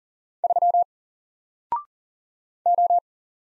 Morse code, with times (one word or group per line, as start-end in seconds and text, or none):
0.4-0.8 3
2.7-3.0 O